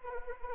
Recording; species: mosquito wingbeat signal from an infrared sensor; Anopheles arabiensis